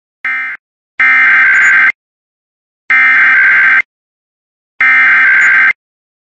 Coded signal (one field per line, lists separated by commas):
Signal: Emergency Alert System (SAME) tones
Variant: header bursts